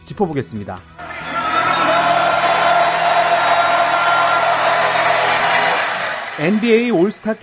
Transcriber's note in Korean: 녹취: 농구 경기장 현장음